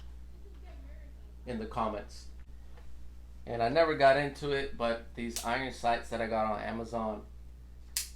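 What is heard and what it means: A spring-loaded flip-up iron sight on a rifle's rail mount is raised while someone talks. At 8.0 s it snaps up into its upright position with a sharp click and locks in place.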